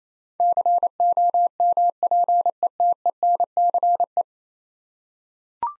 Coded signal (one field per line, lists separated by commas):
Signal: Morse code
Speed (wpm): 27 wpm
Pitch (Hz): 700 Hz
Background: none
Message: COMPETENCE